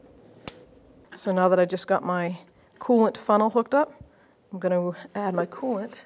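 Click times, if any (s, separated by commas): 0.5 s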